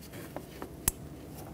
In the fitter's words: Push it on until it clicks